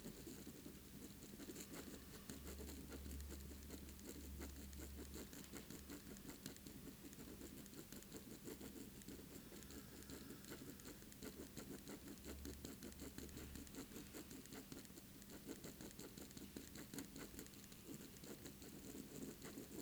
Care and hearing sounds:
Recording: daily activity, guitar pickup as the sensor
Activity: write

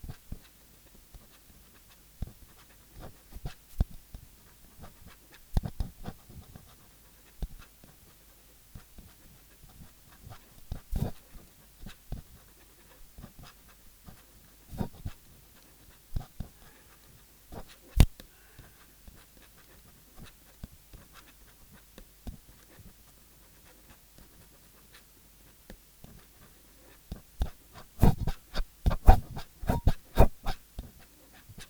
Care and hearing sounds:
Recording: daily activity, guitar pickup as the sensor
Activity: write

